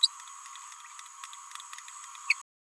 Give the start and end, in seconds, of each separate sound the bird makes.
0.03-0.08